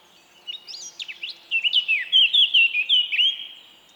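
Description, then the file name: Eurasian blackcap song: hurried scratchy notes leading into a loud, fast run of pure, slurred whistles. "Sylvia atricapilla"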